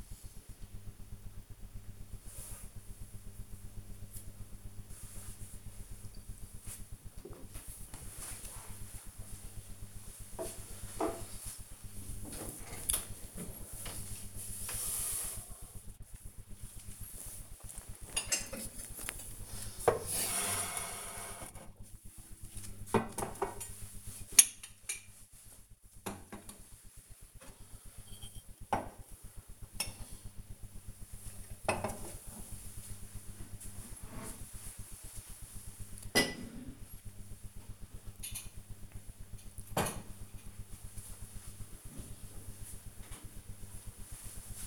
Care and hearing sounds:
household activities, microphone on the right wrist
0.00-6.34 s: drinking

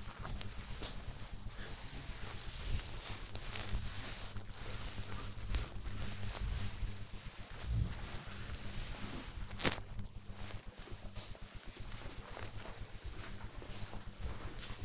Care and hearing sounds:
household activities, microphone on the right wrist
0.00-10.57 s: cleaning table

